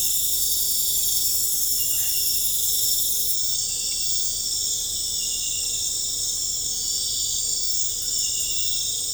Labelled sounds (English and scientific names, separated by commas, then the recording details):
none
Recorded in pastures near Puerto Asís, Putumayo, Colombia, on 20 December 2024 at 22:00
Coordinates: 0.496, -76.326
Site G004